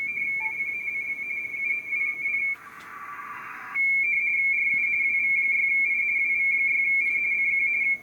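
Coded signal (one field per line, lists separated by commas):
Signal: RTTY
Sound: fast warbling two-tone chatter, briefly interrupted by a burst of hiss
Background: radio static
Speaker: I'm going to hit the code. There. Okay, we got it. Good one.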